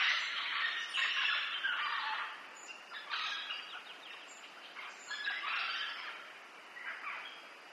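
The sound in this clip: Parrots squawking in harsh rasping bursts, loud at first, then in spaced groups with short high notes between.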